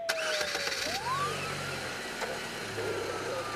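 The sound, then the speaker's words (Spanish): A car engine turns over and catches, a rising whine climbing over a steady low rumble as it settles into a running hum, with no voices. “¡Arranca!”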